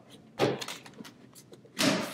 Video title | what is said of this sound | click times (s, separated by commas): Dye Rotor 2 Overview by PBMN | and it locks into place just like that so now as you can see see Expos that tray | 1.8 s